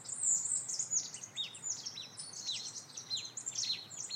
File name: Poecile palustris